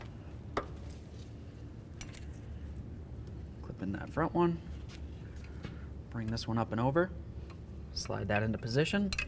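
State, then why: Seated. A plastic retainer clip on the new ABS sensor wire of a 2007–12 Nissan Sentra is pushed into its mounting hole in the knuckle/strut bracket, after the sensor connector has been plugged in. A sharp, short snap is heard at 0.6 s as the clip seats, followed by fainter handling ticks. Someone then talks while routing the wire into position.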